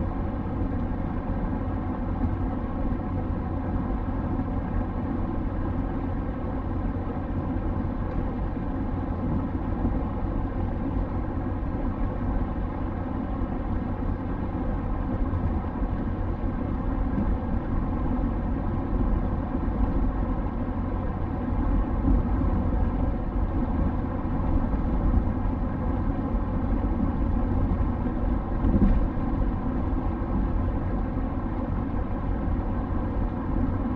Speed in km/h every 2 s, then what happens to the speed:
95, 95, 95, 95, 95, 95, 95, 95, 95, 95, 95, 95, 95, 95, 95, 95, 95.
0-34 steady at about 95.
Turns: none.